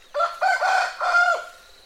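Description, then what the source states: Chicken: one loud rooster crow, a cock-a-doodle-doo in three rasping parts, the middle part longest. Rooster's morning call; domestic chicken descended from the Red Junglefowl.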